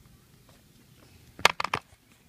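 On a Baby Jogger stroller, the button on the rear brake hub is pressed and the stroller is lifted slightly so the rear wheel axle pops out of the hub. After a quiet stretch, a sharp click at 1.5 s is followed by a quick rattle of lighter clacks around 1.6 to 1.7 s as the wheel releases. The wheel comes free in a simple release.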